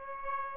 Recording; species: mosquito wingbeat signal from an infrared sensor; Aedes aegypti